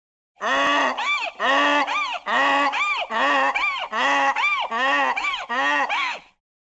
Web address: осел